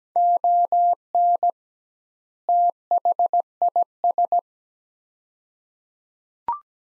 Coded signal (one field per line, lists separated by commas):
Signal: Morse code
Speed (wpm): 17 wpm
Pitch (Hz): 700 Hz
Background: none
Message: ON THIS